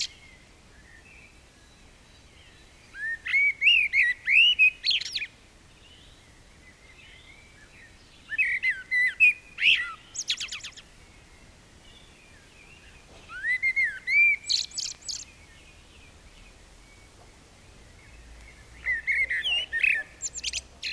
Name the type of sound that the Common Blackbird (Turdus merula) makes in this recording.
song